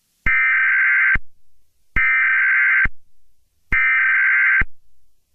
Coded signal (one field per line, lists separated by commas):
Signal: Emergency Alert System (SAME) tones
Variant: header bursts